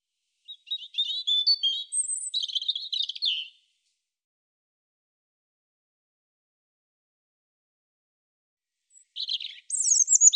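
European robin song, a warbling phrase of high thin whistles and twitters, a long silent pause of about five seconds, then another phrase begins.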